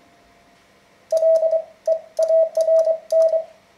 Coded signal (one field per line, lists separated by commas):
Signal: Morse code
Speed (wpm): 24 wpm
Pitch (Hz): 650 Hz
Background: none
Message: LEARN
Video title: Learning Morse Code - An Introduction